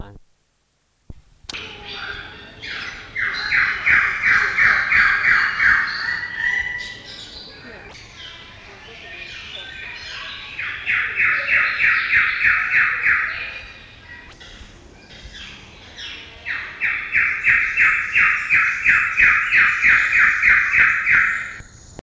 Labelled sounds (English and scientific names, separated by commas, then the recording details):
Wilson's Bird-of-paradise (Diphyllodes respublica) call
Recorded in captivity
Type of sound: call
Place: Zoo Rotterdam, Zuid-Holland, NL
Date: 1973-08-30
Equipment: Halbspur, 9,5 cm/s
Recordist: Lütgens, Hans
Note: Rufe